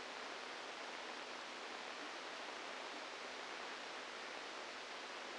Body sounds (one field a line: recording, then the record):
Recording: brain microelectrode recording played as sound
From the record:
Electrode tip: inside the subthalamic nucleus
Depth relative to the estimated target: -2 mm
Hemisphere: left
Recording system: NeuroSet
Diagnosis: Parkinson's disease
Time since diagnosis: 27 years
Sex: male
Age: 62 years